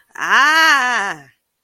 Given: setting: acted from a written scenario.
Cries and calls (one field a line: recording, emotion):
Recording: vocal sound without words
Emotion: fear